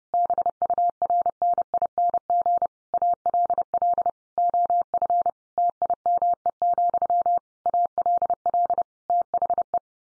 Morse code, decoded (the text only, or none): BURNING ALL OF TIME, ALL THE